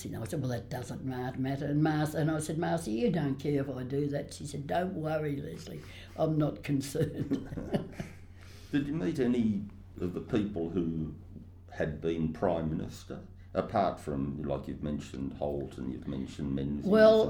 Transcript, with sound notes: I said ‘that doesn’t matter’ and I said ‘Marcie, you don’t care whether I do that?’ She said ‘don’t worry Lesley, I’m not concerned.’ [Laughs]
Did you meet any of the people who held Prime Minister — apart from, as you’ve mentioned, Holt and you’ve mentioned Menzies.